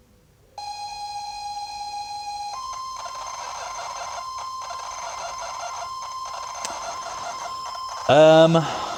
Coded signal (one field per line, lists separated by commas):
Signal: ZX Spectrum tape loading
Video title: EP-122: $10 Tape loading, or tape chewing solution?